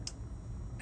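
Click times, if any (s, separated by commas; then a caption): 0.1 s. While a car lock is picked with a Lishi HU64 wafer decoder pick, turning tension is eased off so an overset metal wafer, one sitting too high, drops back into place at the shear line inside the lock cylinder. A single sharp metallic click at 0.1 s marks the wafer falling, over a low background hum. The wafer seats.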